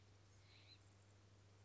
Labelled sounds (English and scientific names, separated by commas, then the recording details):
California Scrub-Jay (Aphelocoma californica)
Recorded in Sonoma County, California